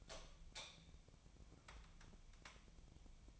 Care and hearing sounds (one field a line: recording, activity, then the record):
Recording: daily activity, microphone in the room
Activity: light on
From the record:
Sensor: 1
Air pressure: 1000.0 hPa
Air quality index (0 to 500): 129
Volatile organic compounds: 2 ppm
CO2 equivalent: 1217 ppm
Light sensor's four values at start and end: 41/105/44/55 and 45/119/49/60